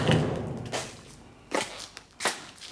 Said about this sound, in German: Das ist ein Klopfen.